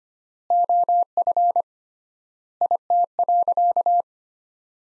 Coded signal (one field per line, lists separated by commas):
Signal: Morse code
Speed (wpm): 25 wpm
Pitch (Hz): 700 Hz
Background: none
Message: OF IT.